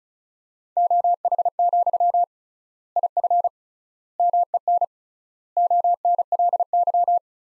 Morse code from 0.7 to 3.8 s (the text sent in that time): OH, IF